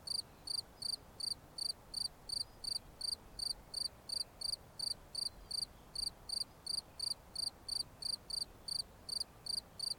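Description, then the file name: Cricket giving a regular run of shrill pulsed chirps, about three each second, over low steady noise. "Grillons"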